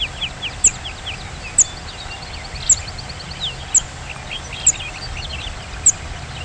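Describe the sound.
Lark bunting giving six thin, piercing high calls about a second apart, with other birds chattering and trilling more softly behind.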